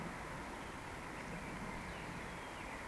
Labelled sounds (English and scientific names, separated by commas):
Eurasian Woodcock (Scolopax rusticola) whistle